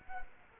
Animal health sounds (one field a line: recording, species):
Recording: mosquito wingbeat signal from an infrared sensor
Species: Culex quinquefasciatus